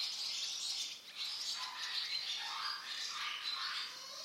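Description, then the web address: Bird squawks, harsh buzzy rasping calls running almost continuously. "Bird Only"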